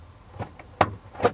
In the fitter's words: press that clicks into place all